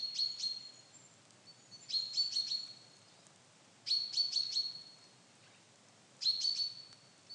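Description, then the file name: Common chaffinch calls: four short bursts of high, clipped notes with sharp ticks, coming about every two seconds over a quiet, steady hiss. "Fringilla coelebs"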